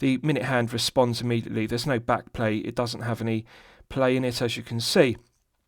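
A man talks steadily throughout while handling the winding crown of a steel Baltic MR01 Blue wristwatch with a caliber 5000 movement, after setting the time and just before the crown is pushed back into the case to restore its 30-meter water seal. Nothing has seated or clicked yet.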